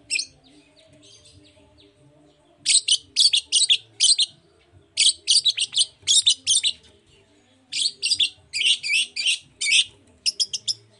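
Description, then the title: Long-tailed shrike song of fast, scratchy chattering bursts: a brief opening burst, then three clusters, each a run of clipped high notes separated by short silences. Morning song with varied "toet toet" phrases; provokes other shrikes to answer and sing along. "Cendet Gacor Dor Di Kala Pagi Toet Toet Variasi Suara. Pancingan Emosi Cendet Gacor Full Variasi Toet Toet Bikin Nyaut Cendet Lain Langsung Ikutan Bunyi"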